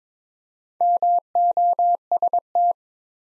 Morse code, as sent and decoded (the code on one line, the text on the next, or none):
-- --- ... -
MOST